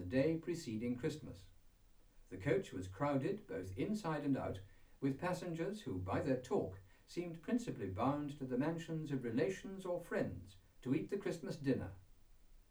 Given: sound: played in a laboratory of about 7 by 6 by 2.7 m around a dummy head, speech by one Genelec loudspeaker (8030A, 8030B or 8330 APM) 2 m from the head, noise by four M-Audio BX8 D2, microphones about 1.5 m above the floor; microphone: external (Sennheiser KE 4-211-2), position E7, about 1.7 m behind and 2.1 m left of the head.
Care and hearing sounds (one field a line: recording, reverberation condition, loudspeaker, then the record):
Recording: male speech in English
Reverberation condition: low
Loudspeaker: 90 degrees to the right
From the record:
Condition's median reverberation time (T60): about 310 ms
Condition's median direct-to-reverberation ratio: about 3.5 dB